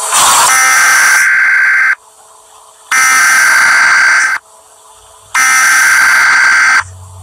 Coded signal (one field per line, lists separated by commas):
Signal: Emergency Alert System (SAME) tones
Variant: header bursts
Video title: Reacting to scary EAS 116 subscriber Special